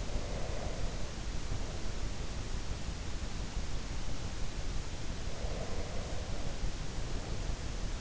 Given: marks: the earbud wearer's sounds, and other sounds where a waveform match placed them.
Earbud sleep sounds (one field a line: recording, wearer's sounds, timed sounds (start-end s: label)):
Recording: sounds in sleep by an in-ear microphone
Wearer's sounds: breath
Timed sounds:
0.00-2.81 s: breath
5.27-7.72 s: breath